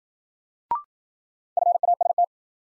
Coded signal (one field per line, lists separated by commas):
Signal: Morse code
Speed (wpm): 54 wpm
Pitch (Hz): 700 Hz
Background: none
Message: FAST